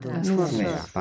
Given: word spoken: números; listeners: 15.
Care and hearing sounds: one Spanish word in noise, from a listening test; four-talker babble; 0.4 dB; 0 of 15; 10 of 15; 0.62 s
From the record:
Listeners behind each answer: 10, 2, 1, 1, 1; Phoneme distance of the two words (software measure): 24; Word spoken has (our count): 3 syllables, 7 phonemes, stress on syllable 1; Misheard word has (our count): 2 syllables, 5 phonemes, stress on syllable 1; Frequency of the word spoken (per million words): 37.15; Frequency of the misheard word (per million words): 24.65

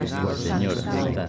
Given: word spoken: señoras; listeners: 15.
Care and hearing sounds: one Spanish word in noise, from a listening test; eight-talker babble; -3.2 dB; 2 of 15; 11 of 15; 0.89 s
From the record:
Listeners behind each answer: 11, 2, 2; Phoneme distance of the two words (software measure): 7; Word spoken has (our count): 3 syllables, 7 phonemes, stress on syllable 2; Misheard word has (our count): 3 syllables, 6 phonemes, stress on syllable 2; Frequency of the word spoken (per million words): 12.84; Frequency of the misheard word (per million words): 102.94

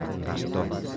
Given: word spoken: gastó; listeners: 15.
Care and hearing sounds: one Spanish word in noise, from a listening test; eight-talker babble; -2.4 dB; 1 of 15; 7 of 15; 0.57 s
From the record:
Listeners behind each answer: 7, 2, 1, 1, 1, 1, 1, 1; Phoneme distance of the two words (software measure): 17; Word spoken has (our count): 2 syllables, 5 phonemes, stress on syllable 2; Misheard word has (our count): 2 syllables, 6 phonemes, stress on syllable 2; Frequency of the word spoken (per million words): 2.64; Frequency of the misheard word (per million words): 0.81

